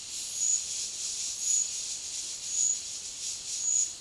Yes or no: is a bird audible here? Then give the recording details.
no. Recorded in dense forest near Puerto Asís, Putumayo, Colombia, on 18 February 2024 at 11:00. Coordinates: 0.502, -76.326. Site G6460